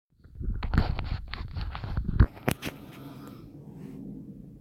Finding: Snore.